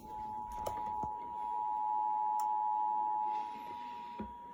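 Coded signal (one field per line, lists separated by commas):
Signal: Emergency Alert System (SAME) tones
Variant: 853 and 960 Hz attention tone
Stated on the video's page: Required Monthly Test for the Capitol District.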